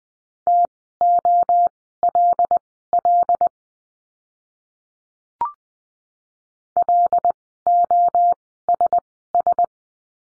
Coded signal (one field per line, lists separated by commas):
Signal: Morse code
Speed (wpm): 20 wpm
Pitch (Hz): 700 Hz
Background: none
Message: TOLL LOSS